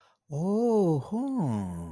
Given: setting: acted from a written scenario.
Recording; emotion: vocal sound without words; interest